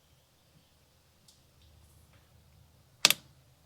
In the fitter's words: and then there's the click on top